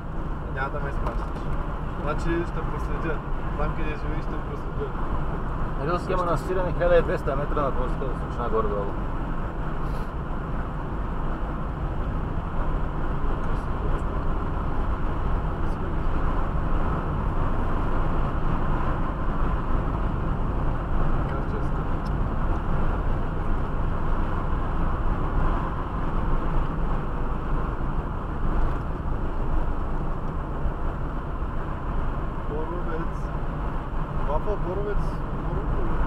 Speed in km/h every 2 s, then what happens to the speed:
58, 58, 57, 60, 62, 62, 63, 65, 65, 65, 65, 63, 63, 62, 58, 56, 54, 53.
0-21 steady at about 62. 21-31 slows to 54.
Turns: none.